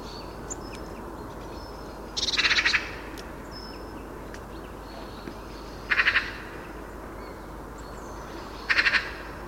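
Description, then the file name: Eurasian magpie giving three harsh, rattling chatter bursts spaced several seconds apart, against a constant low background hum. "Pica pica"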